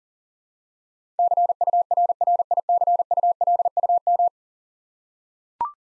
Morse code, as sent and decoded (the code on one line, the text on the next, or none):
-.-. ..- .-. .-. .. -.-. ..- .-.. ..- --
CURRICULUM